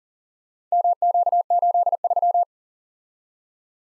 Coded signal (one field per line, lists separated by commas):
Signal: Morse code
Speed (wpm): 41 wpm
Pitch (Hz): 700 Hz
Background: none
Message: MQ83